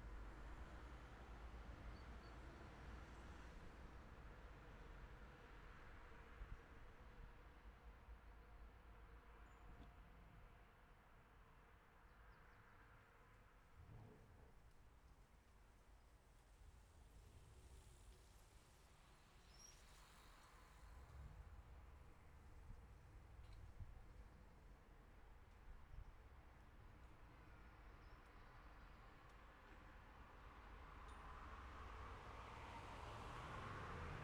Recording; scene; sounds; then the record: everyday scene through a hearing-aid microphone; in traffic; traffic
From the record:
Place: city secondary road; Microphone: behind the ear, left, rear